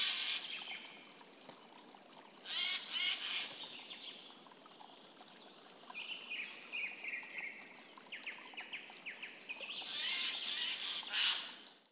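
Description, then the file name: Eurasian jay uttering a few harsh, rasping screeches early and late, with softer tonal notes in between. "Garrulus glandarius"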